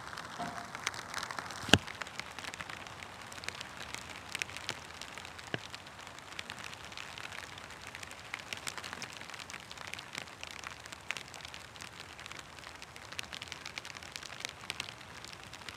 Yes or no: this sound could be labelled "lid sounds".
no